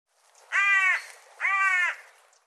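Bird giving two harsh drawn-out caws about a second apart, each rich and nasal, in an otherwise quiet setting.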